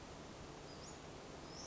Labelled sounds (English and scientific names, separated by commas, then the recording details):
Western Flycatcher (Empidonax difficilis)
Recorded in Sonoma County, California